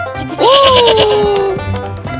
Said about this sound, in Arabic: انتظري، عنزة حمقاء.